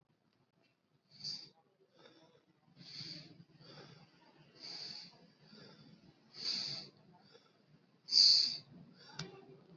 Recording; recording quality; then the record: shallow breathing; excellent, no background noise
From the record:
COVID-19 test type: RT-PCR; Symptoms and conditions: cough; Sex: male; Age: 40 years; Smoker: yes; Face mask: worn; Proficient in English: yes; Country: India